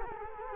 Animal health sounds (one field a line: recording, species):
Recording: mosquito wingbeat signal from an infrared sensor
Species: Culex quinquefasciatus